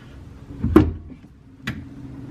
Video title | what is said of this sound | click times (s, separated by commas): 2019 TWIN TURBO MUSTANG GT Gets a “SPECIAL MOD” Plus 2000hp DSS Axles! | I heard it click | 0.8 s, 1.7 s